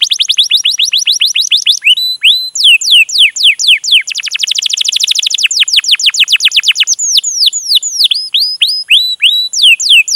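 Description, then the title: Canary delivering continuous song, clipped descending notes speeding into a rapid high trill, then slowing back to spaced falling whistles. Long, continuous chatty (gacor panjang) song, used as a lure (pancingan) to prompt a canary to sing and as tutoring (masteran) material. "PANCINGAN Kenari GACOR PANJANG. Pancingan Gacor Masteran"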